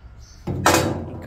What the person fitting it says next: Encaixou certinho aqui.